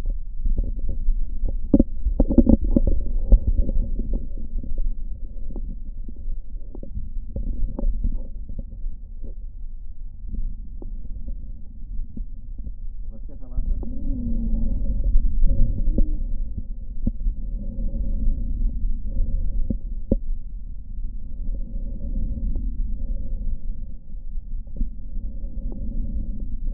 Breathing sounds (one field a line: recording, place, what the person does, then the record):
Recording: lung sounds by stethoscope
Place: right posterior apical chest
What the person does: quiet breathing, then deep breathing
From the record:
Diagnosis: pulmonary infection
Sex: male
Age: 74 years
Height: 171 cm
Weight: 80 kg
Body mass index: 27.4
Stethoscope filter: diaphragm mode